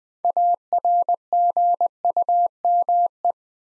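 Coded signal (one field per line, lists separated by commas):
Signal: Morse code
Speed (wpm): 20 wpm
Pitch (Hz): 700 Hz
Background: none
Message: ARGUME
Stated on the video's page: Morse practice at 20 wpm building 8-letter words two letters at a time.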